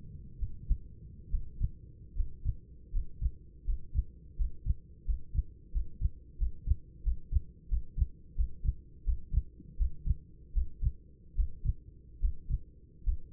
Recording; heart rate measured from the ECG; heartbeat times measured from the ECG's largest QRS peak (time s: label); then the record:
heart sounds by stethoscope; 81 bpm
0.38 s: heartbeat
1.29 s: heartbeat
2.14 s: heartbeat
2.91 s: heartbeat
3.65 s: heartbeat
4.36 s: heartbeat
5.05 s: heartbeat
5.72 s: heartbeat
6.37 s: heartbeat
7.03 s: heartbeat
7.68 s: heartbeat
8.35 s: heartbeat
9.04 s: heartbeat
9.77 s: heartbeat
10.53 s: heartbeat
11.35 s: heartbeat
12.20 s: heartbeat
13.04 s: heartbeat
From the record:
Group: healthy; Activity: breath hold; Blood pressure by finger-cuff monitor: 120/76 mmHg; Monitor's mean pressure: 89 mmHg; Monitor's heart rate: 82 bpm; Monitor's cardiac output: 7.8 L/min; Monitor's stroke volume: 95 mL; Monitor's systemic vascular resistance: 830 dyn s/cm5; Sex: male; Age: 24 years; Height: 184 cm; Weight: 89 kg